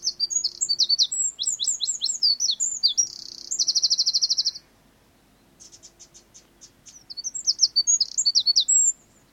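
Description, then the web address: Wren song, a fast jumble of high twittering notes with a buzzy rattle, then a short pause with faint ticks before another burst of bright trilled phrases. "wren singing"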